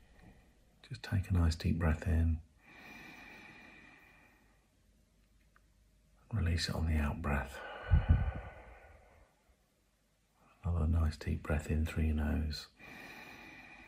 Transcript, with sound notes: Just take a nice deep breath in. (breathing deeply)
Release it on the out breath. (breathing deeply) Have a nice deep breath in through your nose